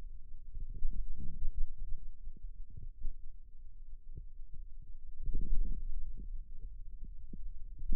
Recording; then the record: forearm muscle sounds (acoustic myography)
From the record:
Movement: radial deviation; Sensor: system 2, bracelet of six BSWA MPA416 microphones around the upper forearm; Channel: 6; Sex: male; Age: 22 years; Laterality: right